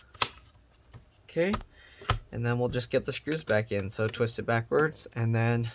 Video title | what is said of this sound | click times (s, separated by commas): Lenovo ThinkPad L450 Disassembly RAM SSD Hard Drive Upgrade Battery Fan Replacement Repair | all right anyways we'll get this back lined up click that all back into place | 0.2 s